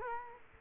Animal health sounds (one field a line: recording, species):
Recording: mosquito wingbeat signal from an infrared sensor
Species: Culex quinquefasciatus